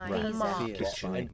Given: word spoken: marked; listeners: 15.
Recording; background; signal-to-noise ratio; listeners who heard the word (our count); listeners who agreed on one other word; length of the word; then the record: one English word in noise, from a listening test; four-talker babble; -2.8 dB; 0 of 15; 6 of 15; 0.93 s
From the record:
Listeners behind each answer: 6, 2, 1, 1, 1, 1, 1, 1, 1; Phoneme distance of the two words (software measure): 7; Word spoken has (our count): 1 syllable, 4 phonemes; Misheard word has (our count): 1 syllable, 3 phonemes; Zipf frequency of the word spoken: 4.25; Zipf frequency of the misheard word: 5.37